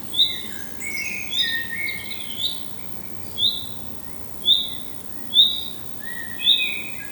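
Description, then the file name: Common chaffinch giving short, high, sharp call notes repeated about once a second, with lower drawn-out chirps mixed in. "Fringilla coelebs"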